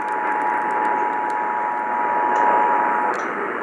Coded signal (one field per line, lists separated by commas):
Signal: Emergency Alert System (SAME) tones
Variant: 853 and 960 Hz attention tone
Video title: THE EASYCAST WORKED... Monthly Tests from 2/17-18/21 (EAS 4505-4522)